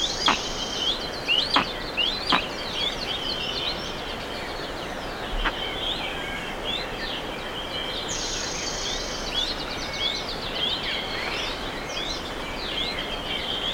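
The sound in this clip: Birds calling in a busy chorus, with a few sharp sweeping strokes early on and a bright insect buzz throughout.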